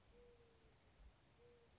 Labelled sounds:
Mourning Dove

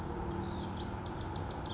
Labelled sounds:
House Wren

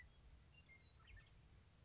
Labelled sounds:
Western Meadowlark

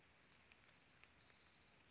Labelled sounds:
Orange-crowned Warbler

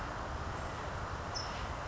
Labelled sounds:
California Towhee

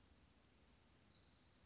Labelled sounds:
Western Flycatcher

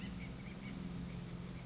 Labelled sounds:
Acorn Woodpecker

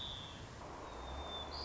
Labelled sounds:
White-crowned Sparrow

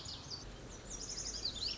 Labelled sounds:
Lazuli Bunting

